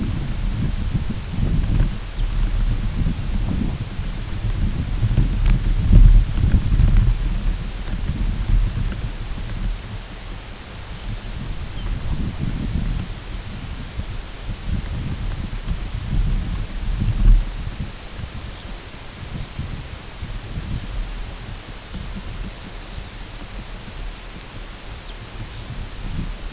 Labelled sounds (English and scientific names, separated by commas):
Lapland Longspur (Calcarius lapponicus)